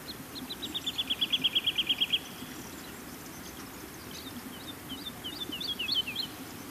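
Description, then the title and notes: Woodlark song: a fast run of repeated clear notes, loud and even for about two seconds, then after a pause a softer run of varied notes. Song described as a far-carrying run repeating clear, bright notes. "Viikon luontoääni: Kangaskiuru. Tuomas Seimola"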